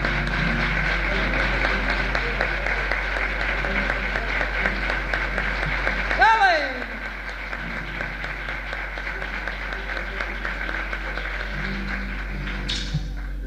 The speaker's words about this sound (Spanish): Para Alberto Galtés, el presidente de mi casa de disco, me gustaría un aplauso de ustedes.